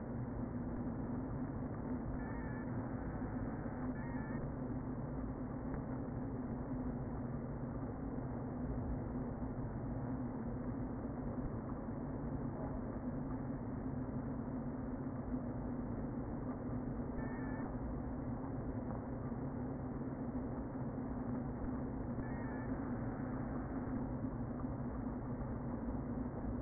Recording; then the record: honeybee colony, microphone inside the hive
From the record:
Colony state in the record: queen present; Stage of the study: before two queens were removed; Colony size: about 60,000 bees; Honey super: yes